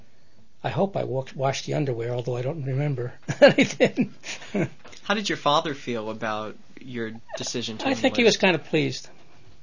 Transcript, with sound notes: I hope I washed the underwear, although I don't remember anything. [Laughs]
How did your father feel about your decision to enlist?
I think he was kind of pleased.